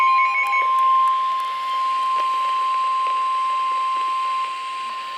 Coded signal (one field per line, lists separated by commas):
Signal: Emergency Alert System (SAME) tones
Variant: 1050 Hz attention tone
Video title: TORNADO WARNING FOR MY AREA AGAIN! (EAS #901-903)